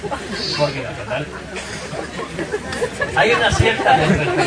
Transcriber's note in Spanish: risas